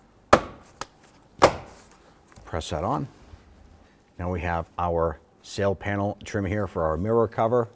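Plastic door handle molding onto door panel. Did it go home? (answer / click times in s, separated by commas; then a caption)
yes / 0.3 s. During reassembly after replacing a front door check on a 2006-2012 Toyota RAV4, the plastic door handle molding is lined up and pressed onto the door panel, and its clips seat with a loud snap at 0.3 s. Two more sharp snaps follow at about 0.8 s and 1.4 s, then someone talks for the rest of the clip.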